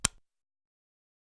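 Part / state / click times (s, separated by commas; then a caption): thermostat display onto wall base / seated / 0.1 s. A Nest thermostat display, held with the logo at the top, is pushed onto its wall-mounted plastic base to connect it. A single sharp click sounds at 0.05 s, followed by a brief soft rattle and then silence. The display is seated on the base.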